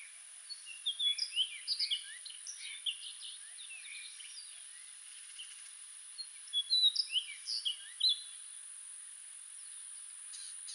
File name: Orchard Oriole - XC 446838-Icterus spurius